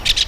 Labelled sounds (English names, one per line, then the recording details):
Brown-throated Parakeet contact call
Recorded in Venezuela
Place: PN Cerro Saroche, Tierras del Sr. Polo, Edo. Lara
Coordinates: 10.171, -69.518